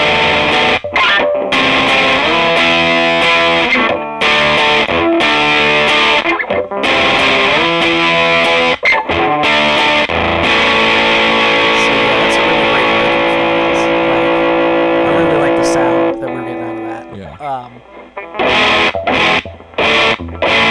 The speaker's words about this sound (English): Telecaster Blues Junior, you know the drill. You know the drill. All right, let's hear the actual fuzz. Yeah.